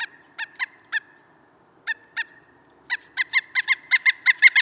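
Pileated woodpecker calling in loud, ringing wuk notes, first a few spaced calls broken by a pause, then a quicker run of about ten notes.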